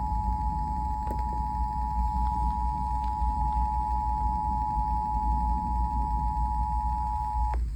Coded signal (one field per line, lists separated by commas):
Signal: Emergency Alert System (SAME) tones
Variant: 853 and 960 Hz attention tone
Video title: EAS #246: WSVH-FM River Flood Warning (6/2/2026) #emergency #weather #eas